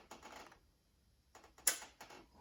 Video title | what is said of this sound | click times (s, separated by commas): Timing belt is done | just go in till it clicks just | 1.7 s